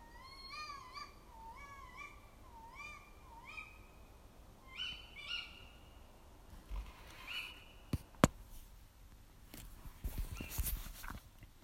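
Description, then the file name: Bird calls, a series of rising whistled notes with harmonics repeated about twice a second, then a few drawn-out calls, followed by thumps and rustling noise. "fugl"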